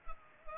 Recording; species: mosquito wingbeat signal from an infrared sensor; Culex pipiens